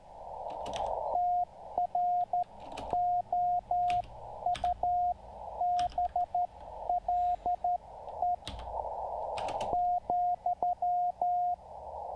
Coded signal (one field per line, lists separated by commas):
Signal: Morse code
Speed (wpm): 12 wpm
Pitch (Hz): 720 Hz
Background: radio noise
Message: TROUBLE ,